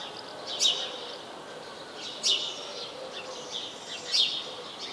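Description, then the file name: House sparrow calling with three short, high chirps, each falling steeply in pitch, spaced a little under two seconds apart, with fainter chirps between, over soft background noise. "Passer domesticus"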